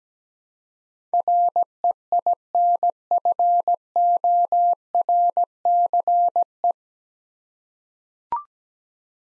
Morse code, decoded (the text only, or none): REINFORCE